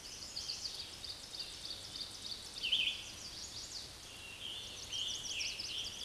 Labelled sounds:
Scarlet Tanager (Piranga olivacea) song
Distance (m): 60 m
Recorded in a Pennsylvania forest on 19 May 2023 at 10:23
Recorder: AudioMoth, point grid1_27_low
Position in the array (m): 181 m, 67 m

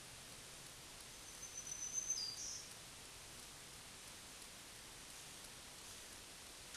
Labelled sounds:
Black-throated Green Warbler (Setophaga virens) song
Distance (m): 30 m
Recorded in a Pennsylvania forest on 1 June 2023 at 08:50
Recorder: AudioMoth, point grid3_8_high
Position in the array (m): 133 m, 108 m

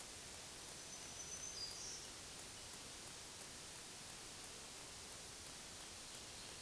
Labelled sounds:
Black-throated Green Warbler (Setophaga virens) song
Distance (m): 45 m
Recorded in a Pennsylvania forest on 1 June 2023 at 08:57
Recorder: AudioMoth, point grid3_13_low
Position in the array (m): 156 m, 140 m

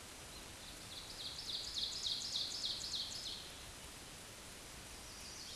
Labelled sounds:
Ovenbird (Seiurus aurocapilla) song
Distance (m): 50 m
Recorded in a Pennsylvania forest on 17 May 2023 at 13:36
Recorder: AudioMoth, point grid1_2_low
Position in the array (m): 144 m, 70 m

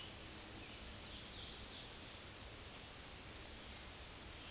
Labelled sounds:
Black-and-white Warbler (Mniotilta varia) song
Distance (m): 35 m
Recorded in a Pennsylvania forest on 19 May 2023 at 10:18
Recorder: AudioMoth, point grid1_10_low
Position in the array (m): 53 m, 115 m

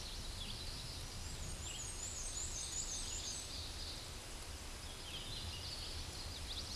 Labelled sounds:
Black-and-white Warbler (Mniotilta varia) song
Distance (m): 25 m
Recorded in a Pennsylvania forest on 19 May 2023 at 13:22
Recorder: AudioMoth, point grid1_4_low
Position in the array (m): 28 m, 62 m

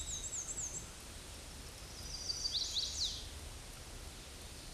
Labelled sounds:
Chestnut-sided Warbler (Setophaga pensylvanica) song
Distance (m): 20 m
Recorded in a Pennsylvania forest on 18 May 2023 at 06:20
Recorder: AudioMoth, point grid1_19_low
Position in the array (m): 120 m, 210 m

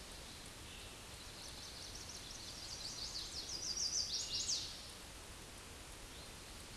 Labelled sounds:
Chestnut-sided Warbler (Setophaga pensylvanica) song
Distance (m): 20 m
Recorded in a Pennsylvania forest on 18 May 2023 at 09:48
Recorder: AudioMoth, point grid1_29_low
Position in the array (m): 14 m, 85 m

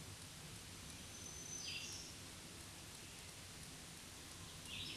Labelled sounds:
Black-throated Green Warbler (Setophaga virens) song
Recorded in a Pennsylvania forest on 1 June 2023 at 07:12
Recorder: AudioMoth, point grid3_8_high
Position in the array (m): 132 m, 67 m

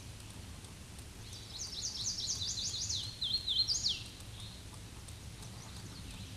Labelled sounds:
Hooded Warbler (Setophaga citrina) song
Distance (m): 30 m
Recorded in a Pennsylvania forest on 18 May 2023 at 07:33
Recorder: AudioMoth, point grid1_35_low
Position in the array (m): 157 m, 113 m

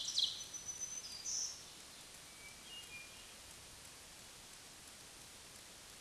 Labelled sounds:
Hermit Thrush (Catharus guttatus) song
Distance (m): 65 m
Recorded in a Pennsylvania forest on 3 June 2023 at 07:12
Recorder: AudioMoth, point grid3_8_low
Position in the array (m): 76 m, 38 m

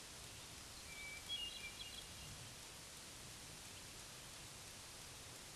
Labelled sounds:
Hermit Thrush (Catharus guttatus) song
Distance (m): 35 m
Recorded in a Pennsylvania forest on 3 June 2023 at 07:51
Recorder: AudioMoth, point grid3_5_low
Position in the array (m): 27 m, 85 m

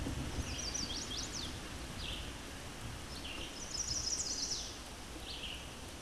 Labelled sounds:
Chestnut-sided Warbler (Setophaga pensylvanica) song
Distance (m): 70 m
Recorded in a Pennsylvania forest on 17 May 2023 at 11:51
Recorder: AudioMoth, point grid1_25_low
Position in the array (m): 121 m, 207 m

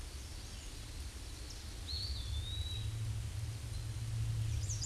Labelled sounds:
Eastern Wood-Pewee (Contopus virens) song
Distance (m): 30 m
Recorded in a Pennsylvania forest on 18 May 2023 at 06:52
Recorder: AudioMoth, point grid1_9_low
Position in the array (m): 80 m, 126 m

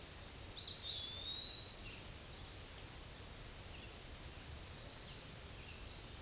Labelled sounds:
Eastern Wood-Pewee (Contopus virens) song
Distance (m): 30 m
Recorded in a Pennsylvania forest on 18 May 2023 at 06:19
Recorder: AudioMoth, point grid1_20_low
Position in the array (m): 74 m, 199 m

